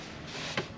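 A bunk guard panel, a fall-prevention guard for the bunk, is lifted and handled toward its mounting receiver in a camper van while the bed is being converted. Over steady low background noise, a single brief sharp tap sounds at about 0.6 s. The panel has not locked into the receiver yet, and nothing has seated.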